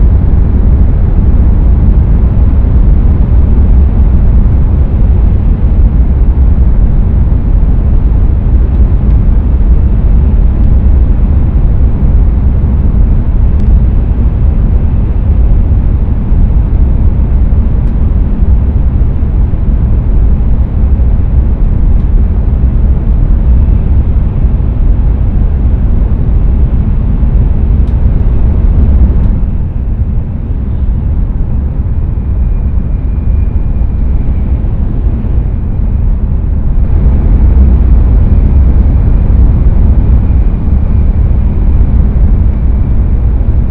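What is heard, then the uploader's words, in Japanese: A Tokaido Shinkansen Kodama train runs from Hamamatsu toward Shizuoka, its deep rumble steady and dense throughout. Around the thirty-second mark the sound briefly thins and dips, with a faint high whine, then the full roar returns until the end. 東海道新幹線こだま浜松→静岡。朝一番の浜松始発の新幹線です。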